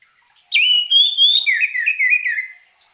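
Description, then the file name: Orange-headed thrush singing a two-second phrase: a sharp opening note, a clear rising whistle, then a string of quick falling warbled notes. Sound used as a lure so the bird is not stressed. "suara pancingan burung anis merah agar tidak stress"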